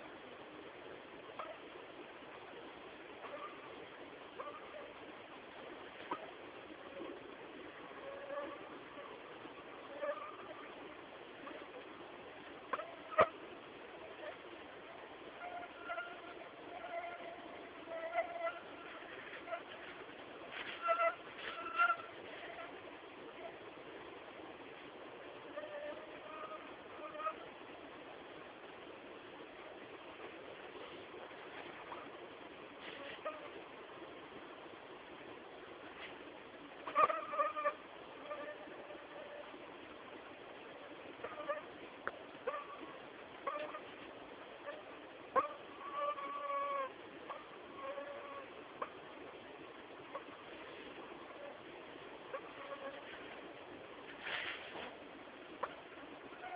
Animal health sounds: mosquito flight sound by mobile phone; Anopheles minimus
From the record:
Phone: Samsung T209

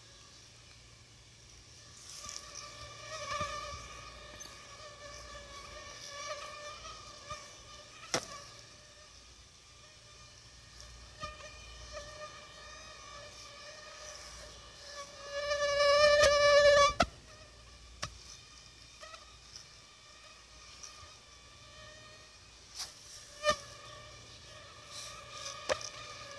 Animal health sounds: mosquito flight sound by mobile phone; Aedes aegypti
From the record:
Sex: female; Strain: 10130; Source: CDC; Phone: Sony Xperia

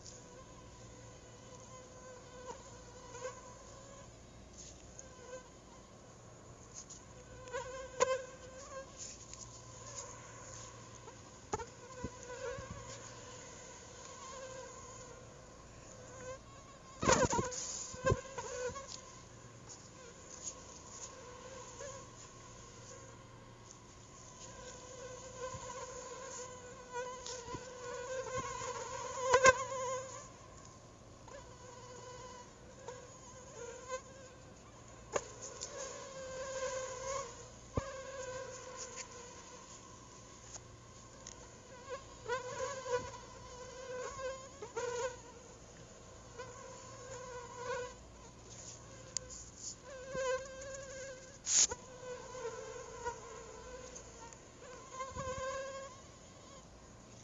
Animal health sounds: mosquito flight sound by mobile phone; Anopheles arabiensis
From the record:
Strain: Rufisque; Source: CDC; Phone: Google Nexus

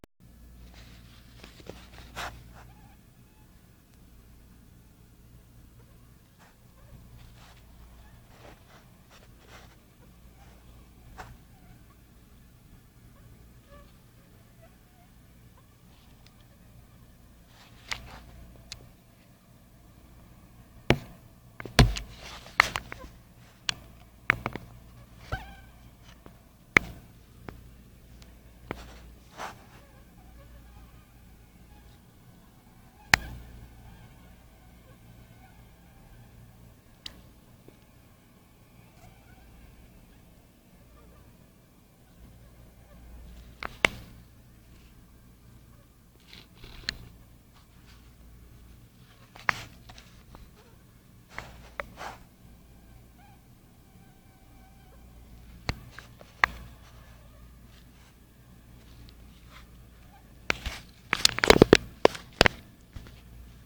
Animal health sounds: mosquito flight sound by mobile phone; Anopheles gambiae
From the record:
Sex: mixed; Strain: Kisumu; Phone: Nokia 5235

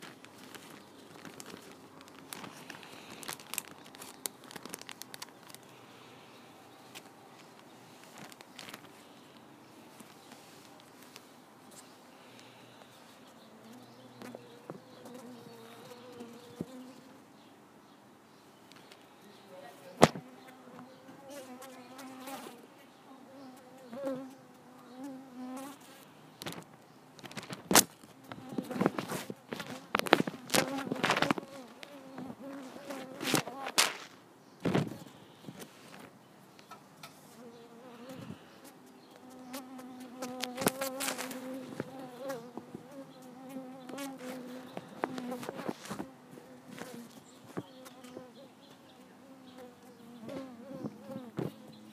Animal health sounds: mosquito flight sound by mobile phone; Culiseta incidens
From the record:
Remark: outdoors

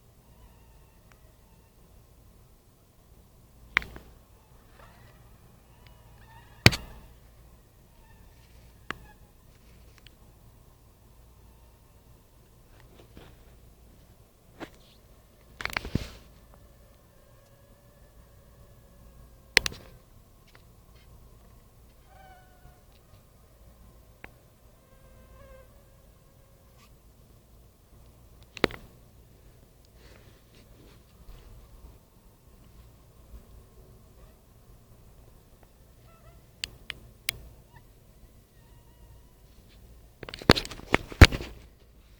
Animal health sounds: mosquito flight sound by mobile phone; Anopheles minimus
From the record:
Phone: Nokia 5235

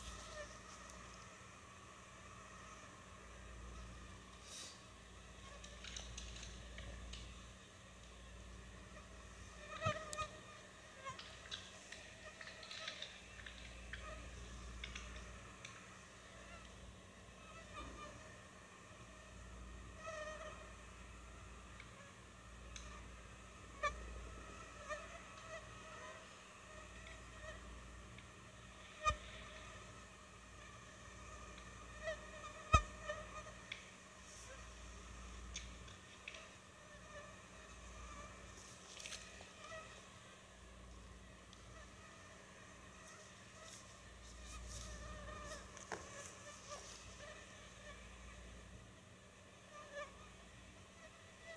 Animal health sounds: mosquito flight sound by mobile phone; Anopheles stephensi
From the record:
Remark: swarm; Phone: Sony Xperia

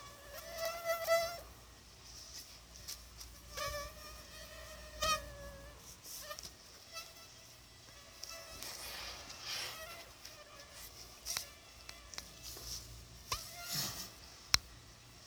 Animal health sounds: mosquito flight sound by mobile phone; Anopheles arabiensis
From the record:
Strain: Dongola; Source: CDC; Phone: Sony Xperia

